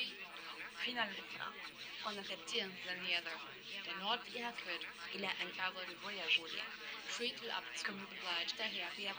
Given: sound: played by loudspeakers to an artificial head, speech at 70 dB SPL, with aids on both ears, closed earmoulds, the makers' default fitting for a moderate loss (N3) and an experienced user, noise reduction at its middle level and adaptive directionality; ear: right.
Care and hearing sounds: speech test signal (ISTS) in cocktail-party noise; 0 dB; on the right (90 degrees)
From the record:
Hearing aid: class 2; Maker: F

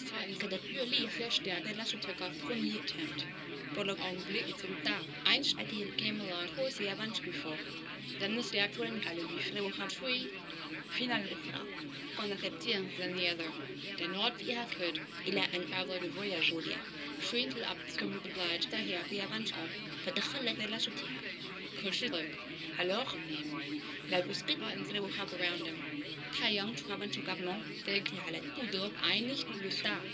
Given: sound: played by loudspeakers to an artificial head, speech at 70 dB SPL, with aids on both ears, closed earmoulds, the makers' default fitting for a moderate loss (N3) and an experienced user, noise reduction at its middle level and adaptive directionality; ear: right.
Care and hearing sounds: speech test signal (ISTS) in cocktail-party noise; 0 dB; on the right (90 degrees)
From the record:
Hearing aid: class 1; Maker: D

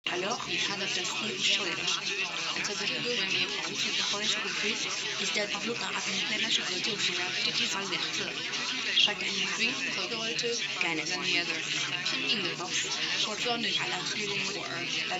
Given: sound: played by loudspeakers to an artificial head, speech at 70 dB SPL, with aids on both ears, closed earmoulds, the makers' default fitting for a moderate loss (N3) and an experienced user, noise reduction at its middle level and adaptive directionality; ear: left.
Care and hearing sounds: speech test signal (ISTS) in cocktail-party noise; 0 dB; in front (0 degrees)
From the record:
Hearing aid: class 1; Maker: A

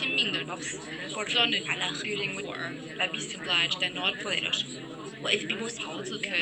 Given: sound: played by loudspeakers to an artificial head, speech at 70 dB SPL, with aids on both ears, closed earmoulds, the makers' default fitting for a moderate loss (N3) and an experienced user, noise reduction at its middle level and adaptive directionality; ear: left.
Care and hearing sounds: speech test signal (ISTS) in cocktail-party noise; -3 dB; in front (0 degrees)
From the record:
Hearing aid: class 1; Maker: C

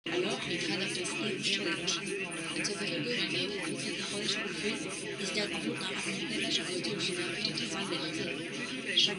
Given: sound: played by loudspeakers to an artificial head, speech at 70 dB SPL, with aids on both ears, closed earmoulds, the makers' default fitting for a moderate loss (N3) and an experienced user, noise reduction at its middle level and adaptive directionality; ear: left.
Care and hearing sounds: speech test signal (ISTS) in cocktail-party noise; -3 dB; on the right (90 degrees)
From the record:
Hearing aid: class 2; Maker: B

